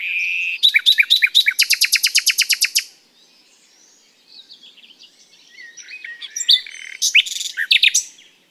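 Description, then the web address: Common nightingale song opening on a rich rapid series of repeated notes, then a quiet gap and softer chattering phrases building to a sharper burst. "SETE data Luscinia megarhynchos"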